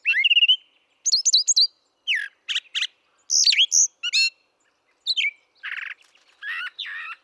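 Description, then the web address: Brown thrasher song: a whistled slur, repeated chirp pairs, buzzy and rattling phrases, each figure changing from the last, separated by brief gaps. "birdsongforthecurious Brown Thrasher"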